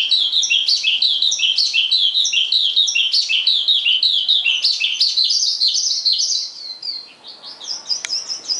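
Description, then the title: Javan bush lark song, a fast run of high chirping notes that thins out toward the end into a few sharper whistles. "Suara Burung Branjangan"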